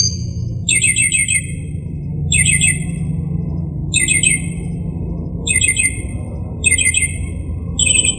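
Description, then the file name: Northern mockingbird song: a bright chattering phrase of high notes repeated about every one and a half seconds, over a steady low hum. "kicauan-burung-northern-mockingbird -omkicau"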